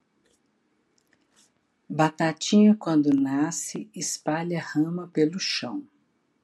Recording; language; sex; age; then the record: short text; Brazilian Portuguese; female; 60 to 69 years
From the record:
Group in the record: control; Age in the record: 60 years